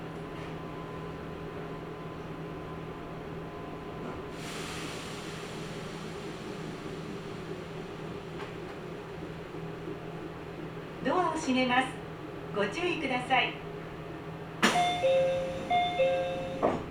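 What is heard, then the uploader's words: Steady low hum of a Nagoya Railroad Mikawa Line train, with a hiss rising near four seconds, bursts of speech around eleven to thirteen seconds, and chime-like tones late. Nagoya Railroad Mikawa Line Chiryu to Hekinan.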